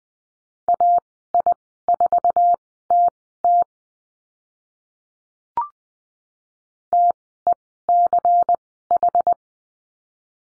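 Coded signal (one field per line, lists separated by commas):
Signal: Morse code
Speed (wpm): 20 wpm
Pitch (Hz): 700 Hz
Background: none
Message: AI4TT TECH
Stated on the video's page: Morse code course lesson on call signs, Farnsworth speed 20/10 wpm.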